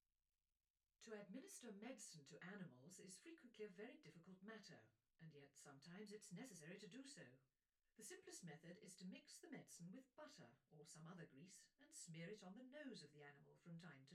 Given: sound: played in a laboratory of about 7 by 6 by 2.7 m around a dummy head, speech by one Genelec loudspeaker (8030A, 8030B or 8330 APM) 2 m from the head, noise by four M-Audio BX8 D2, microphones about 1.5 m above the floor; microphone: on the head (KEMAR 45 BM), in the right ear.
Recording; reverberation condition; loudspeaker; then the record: female speech in English; low; 150 degrees to the left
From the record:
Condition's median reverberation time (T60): about 310 ms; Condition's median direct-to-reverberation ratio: about 3.5 dB